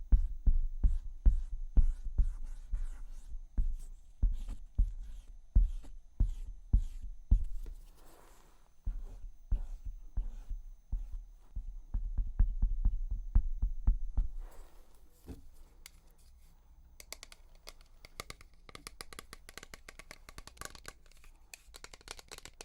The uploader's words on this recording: ASMR Makeup Cleansing with Personal Attention(No Talking).